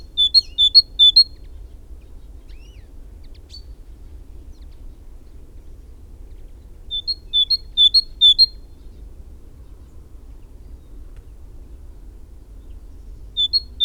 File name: Parus major